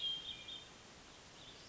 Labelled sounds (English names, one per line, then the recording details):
Hermit Thrush
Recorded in Sonoma County, California